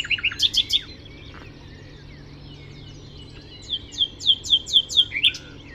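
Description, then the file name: Common nightingale song: a quick opening burst of high notes, a pause, then a series of loud, evenly spaced repeated notes, over a faint low hum. "Luscinia megarhynchos"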